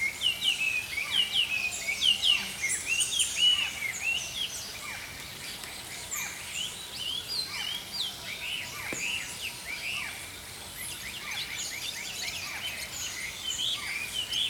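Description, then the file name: Songbirds singing together: quick, sharp chirps and twitters overlap throughout, busiest at the start, with steady background hiss. Early morning. "Healing Power Natural Sounds Oasis - Early Morning Songbirds"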